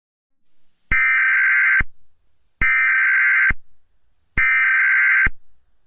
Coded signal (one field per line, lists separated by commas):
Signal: Emergency Alert System (SAME) tones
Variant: header bursts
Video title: EAS Scenario: Mario.exe